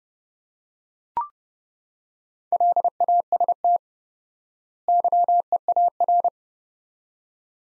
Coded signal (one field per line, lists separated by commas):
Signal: Morse code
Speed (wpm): 30 wpm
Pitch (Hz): 700 Hz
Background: none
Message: LAST YEAR